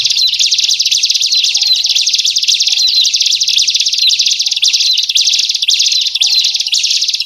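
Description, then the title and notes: Bird calls: a dense, unbroken wall of high-pitched rapid twittering and chattering, with occasional fainter lower chirps underneath. Compilation of lure sounds used to attract wary birds that are hard to approach. "Suara Burung Bandel Yang Susah Mendekati. Kompilasi Suara Pikat Burung"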